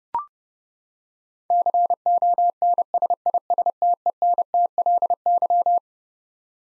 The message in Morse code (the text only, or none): CONSISTENTLY